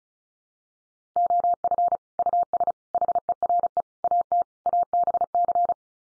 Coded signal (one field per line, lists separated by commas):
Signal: Morse code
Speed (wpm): 34 wpm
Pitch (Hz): 700 Hz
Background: none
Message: OF US HERE AT ABC